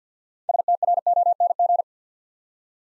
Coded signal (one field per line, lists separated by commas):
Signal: Morse code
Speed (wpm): 48 wpm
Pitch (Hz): 700 Hz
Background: none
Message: STRONG